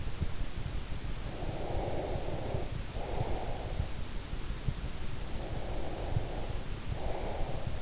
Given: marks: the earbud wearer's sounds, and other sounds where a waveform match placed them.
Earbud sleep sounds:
sounds in sleep by an in-ear microphone; breath
1.18-3.96 s: breath
5.25-7.82 s: breath

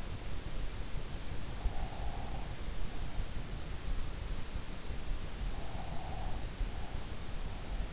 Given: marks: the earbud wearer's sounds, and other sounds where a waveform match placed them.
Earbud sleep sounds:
sounds in sleep by an in-ear microphone; breath
1.50-2.48 s: breath
5.51-6.43 s: breath

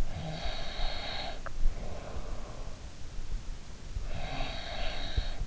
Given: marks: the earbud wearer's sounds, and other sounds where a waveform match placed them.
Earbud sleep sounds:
sounds in sleep by an in-ear microphone; snoring breath, teeth grinding
0.06-2.78 s: snoring breath
1.27-1.67 s: teeth grinding
4.08-5.40 s: snoring breath

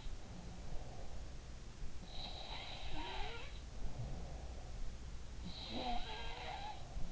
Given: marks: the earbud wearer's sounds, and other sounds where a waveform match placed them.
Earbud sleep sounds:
sounds in sleep by an in-ear microphone; breath
0.00-1.44 s: sound from someone else or the room
0.21-1.44 s: breath
1.99-4.95 s: sound from someone else or the room
3.68-4.95 s: breath
5.37-7.12 s: sound from someone else or the room

